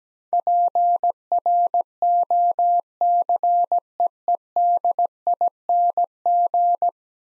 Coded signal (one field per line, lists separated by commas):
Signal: Morse code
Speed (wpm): 17 wpm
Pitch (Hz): 700 Hz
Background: none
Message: PROCEEDING